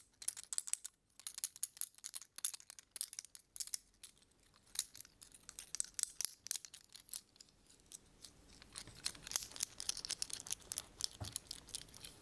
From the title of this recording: Tapping and Scratching unusually items